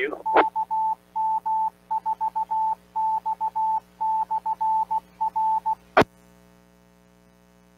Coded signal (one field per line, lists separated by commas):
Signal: Morse code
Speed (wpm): 16 wpm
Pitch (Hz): 880 Hz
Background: speech, radio noise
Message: KM4X/R